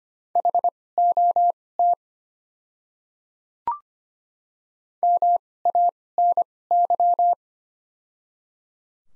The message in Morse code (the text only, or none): HOT MANY